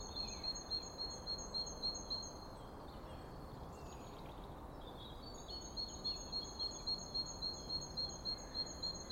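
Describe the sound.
Bird song: fast series of high pulsed notes, a short pause with a few sweeping calls, then the rapid series resumes over low hiss.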